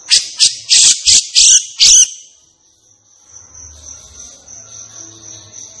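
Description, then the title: Grey-cheeked bulbul song: a quick series of loud rasping bursts, then only a continuous high whine and a faint low hum. Singing energetically and persistently (gacor), agitated (emosi), as a tutoring track (masteran) for training caged birds. "Cucak Jenggot Gacor. Cucak Jenggot Emosi Untuk Masteran"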